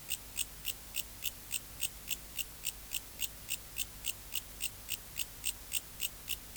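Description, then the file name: Mecopoda elongata katydid song: a steady train of sharp, high buzzy chirps, about three to four per second, evenly spaced and unchanging throughout, over a faint low hum. "Bio Acoustica. Mecopoda elongata"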